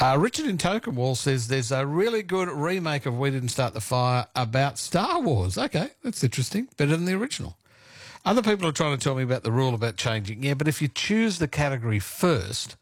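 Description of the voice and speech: A man speaks clearly and fluently at a conversational pace; typical adult speech.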